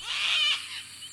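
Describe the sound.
Sulphur-crested Cockatoo screech: a single harsh, raspy burst lasting about half a second, followed by a quieter fading tail.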